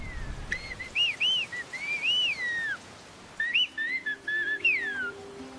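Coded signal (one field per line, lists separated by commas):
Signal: whistled language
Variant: Chinantec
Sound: a clear human whistle gliding up and down in short arched phrases, two bursts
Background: faint background hum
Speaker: a subset of the youth can actually do more things like the older men can do, and they can actually whistle conversations and new things.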